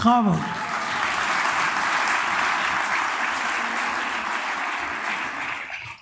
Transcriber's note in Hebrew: הקהל מוחא כפים